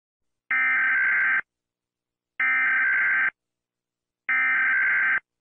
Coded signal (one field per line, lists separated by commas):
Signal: Emergency Alert System (SAME) tones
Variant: header bursts